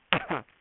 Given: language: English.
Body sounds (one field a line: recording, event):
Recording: throat vibration sensor signal played as sound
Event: cough